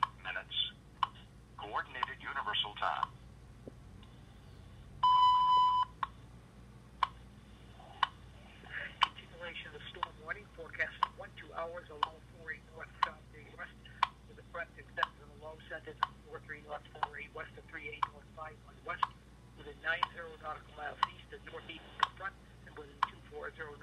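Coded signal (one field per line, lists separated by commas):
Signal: radio time signal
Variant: WWV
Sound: talking, then a long 1 kHz beep followed by short ticks every second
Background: speech, small room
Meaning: The long 1 kHz tone marks the start of a minute; ticks mark seconds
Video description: WWV and WWVH broadcasts can also be heard by telephone and about 2,000 calls are received daily, according to NIST. (To listen to the broadcasts by phone, dial +1-303-499-7111 for WWV and +1-808-335-4363 for WWVH).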